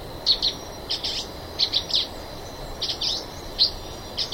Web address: Natures Songs S America Eastern Lowlands Silver-beaked Tanager